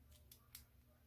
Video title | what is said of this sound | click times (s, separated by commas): AT HOME GLUCOSE MONITOR: CHECK YOUR BLOOD SUGAR AT HOME | inside and you heard the click right | 0.3 s, 0.5 s